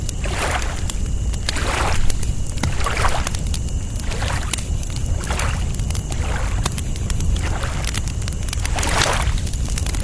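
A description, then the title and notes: Water laps steadily against the shore in soft, regular swells about once a second over a constant low rumble. Thin, sharp crackles from a campfire pop throughout, and a faint, steady high chirping of crickets sits in the background. Campfire by the Lake: Relaxing Nature Sounds for a Peaceful Night. Crackling campfire by the lake, accompanied by the gentle lapping of water on the shore and the occasional chirping of crickets in the background.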